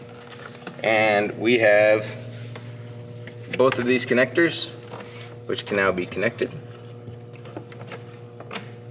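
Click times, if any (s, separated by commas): none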